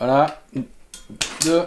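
A torque wrench tightens the second handlebar stem faceplate clamp bolt to 5 Nm in a cross pattern while someone talks. A sharp click is heard at 1.2 s, confirming the bolt has reached torque.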